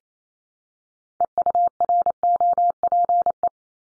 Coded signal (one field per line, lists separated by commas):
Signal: Morse code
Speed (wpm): 28 wpm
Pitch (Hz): 700 Hz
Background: none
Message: EUROPE